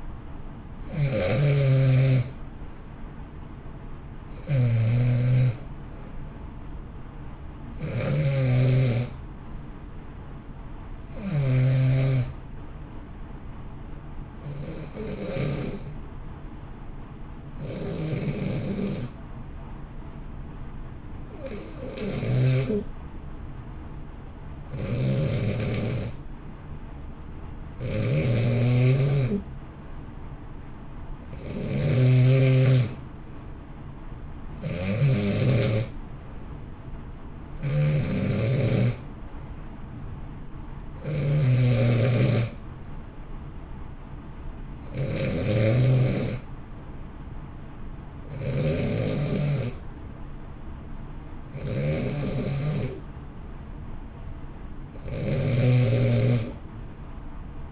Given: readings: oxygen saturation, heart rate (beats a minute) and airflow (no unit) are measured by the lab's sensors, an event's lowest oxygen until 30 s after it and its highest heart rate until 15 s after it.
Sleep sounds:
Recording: breathing in sleep by a smartphone at the bedside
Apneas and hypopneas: 1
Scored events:
19.00-33.30 s: hypopnea (N2, oxygen 92% highest, then 88% lowest, heart rate 62 at the start, 62 highest)
From the record:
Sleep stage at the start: N2 (light sleep)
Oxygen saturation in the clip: 88 to 92%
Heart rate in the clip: 57 to 63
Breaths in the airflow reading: 15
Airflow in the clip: -1.1 to 1.6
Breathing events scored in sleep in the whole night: 328 in 6.3 hours asleep

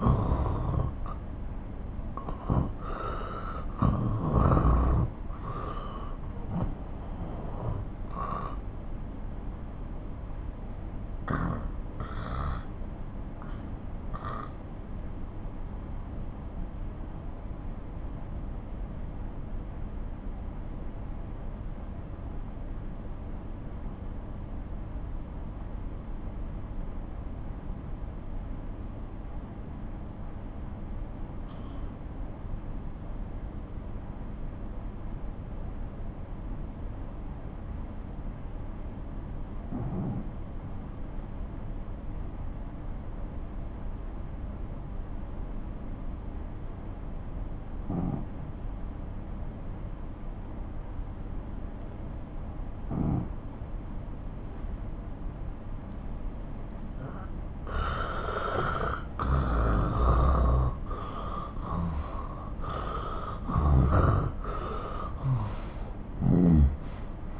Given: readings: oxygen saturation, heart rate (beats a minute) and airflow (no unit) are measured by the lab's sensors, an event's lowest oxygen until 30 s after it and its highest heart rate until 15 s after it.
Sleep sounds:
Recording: breathing in sleep by a smartphone at the bedside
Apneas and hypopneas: 1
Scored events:
3.00-56.30 s: obstructive apnea (N2, oxygen 97% highest, then 91% lowest)
From the record:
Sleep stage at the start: N2 (light sleep)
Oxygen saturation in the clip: 87 to 97%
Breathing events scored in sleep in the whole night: 217 in 6.3 hours asleep

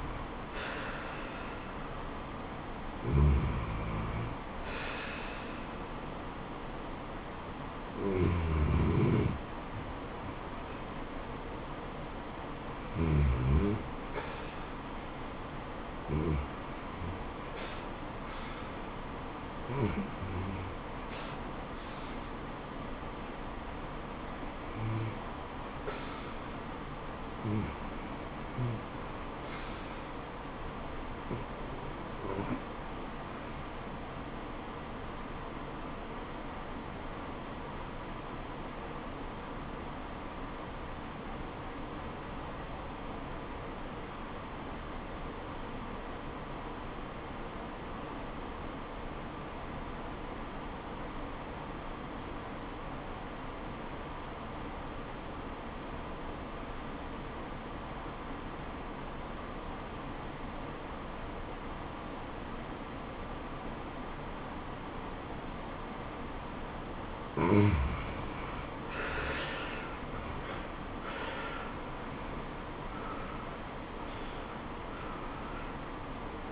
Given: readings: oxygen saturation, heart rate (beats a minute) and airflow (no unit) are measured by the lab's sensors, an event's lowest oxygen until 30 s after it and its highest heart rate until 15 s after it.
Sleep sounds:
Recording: breathing in sleep by a voice recorder at the bedside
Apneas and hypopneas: 1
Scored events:
35.00-69.60 s: obstructive apnea (REM, oxygen 96% highest, then 84% lowest, heart rate 78 at the start, 86 highest)
From the record:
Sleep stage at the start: REM sleep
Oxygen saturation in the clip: 88 to 97%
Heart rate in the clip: 63 to 86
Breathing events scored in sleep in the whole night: 426 in 7.4 hours asleep

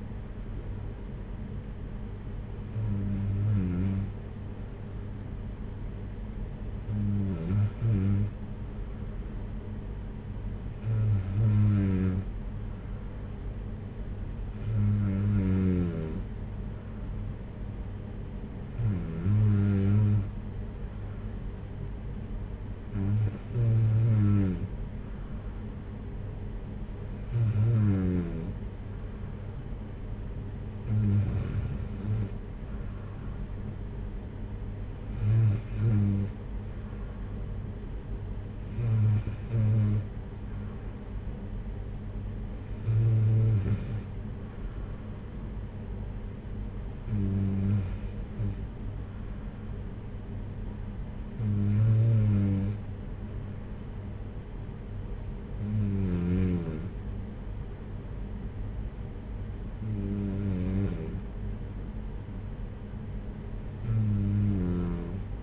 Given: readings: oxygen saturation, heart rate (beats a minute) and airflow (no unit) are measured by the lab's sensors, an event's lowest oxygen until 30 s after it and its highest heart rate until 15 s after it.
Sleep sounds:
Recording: breathing in sleep by a smartphone at the bedside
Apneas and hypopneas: none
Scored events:
none scored
From the record:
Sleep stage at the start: N2 (light sleep)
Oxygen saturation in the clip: 93 to 94%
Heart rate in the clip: 53 to 58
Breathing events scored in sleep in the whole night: 226 in 8.8 hours asleep

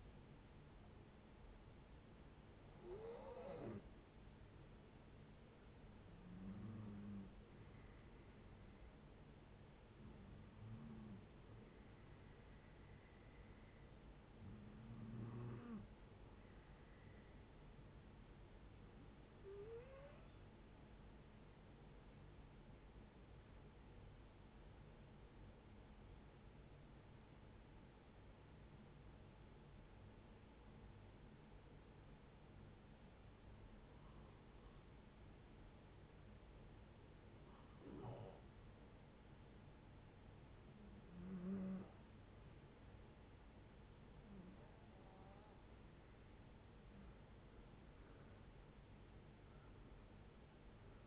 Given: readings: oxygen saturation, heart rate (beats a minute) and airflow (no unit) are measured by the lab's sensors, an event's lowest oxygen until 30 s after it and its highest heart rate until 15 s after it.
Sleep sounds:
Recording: breathing in sleep by a voice recorder at the bedside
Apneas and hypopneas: 1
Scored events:
25.00-40.40 s: hypopnea (REM, oxygen 94% highest, then 81% lowest, heart rate 78 at the start, 81 highest)
From the record:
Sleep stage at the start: REM sleep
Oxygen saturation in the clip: 81 to 94%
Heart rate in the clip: 67 to 81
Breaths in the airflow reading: 12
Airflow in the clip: -10.0 to 9.6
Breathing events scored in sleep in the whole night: 496 in 5.4 hours asleep

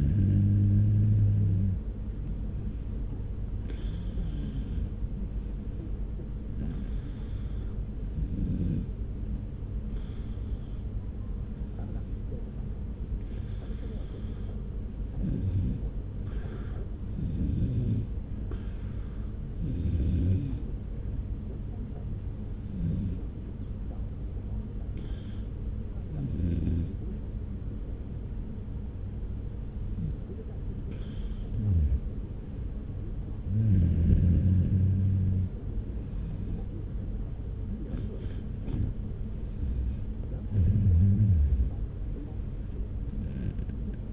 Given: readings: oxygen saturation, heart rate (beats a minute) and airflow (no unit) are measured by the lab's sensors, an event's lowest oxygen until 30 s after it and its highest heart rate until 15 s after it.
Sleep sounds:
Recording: breathing in sleep by a smartphone at the bedside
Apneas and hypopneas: none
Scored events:
none scored
From the record:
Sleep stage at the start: N2 (light sleep)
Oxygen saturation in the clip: 94 to 95%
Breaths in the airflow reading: 14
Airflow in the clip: -1.1 to 2.1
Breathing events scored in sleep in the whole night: 335 in 6.7 hours asleep

